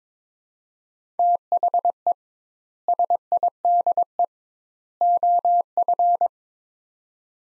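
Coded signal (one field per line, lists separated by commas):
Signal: Morse code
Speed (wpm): 22 wpm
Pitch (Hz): 700 Hz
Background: none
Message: THE SIDE OF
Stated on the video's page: Morse practice of three-word sets at 22 wpm with 2x word spacing, a Farnsworth-like method applied to words, each sent then spoken.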